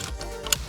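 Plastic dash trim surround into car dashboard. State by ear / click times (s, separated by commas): seated / 0.5 s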